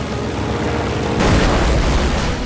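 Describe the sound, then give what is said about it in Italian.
A German ME-109 fighter plane, flying too low, crashes into a slope: a steady, dense engine roar gives way to a sudden, louder deep boom that swells and rumbles on through the end, with no voices. “Sbalordito, Lester osserva il caccia schiantarsi contro un pendio.”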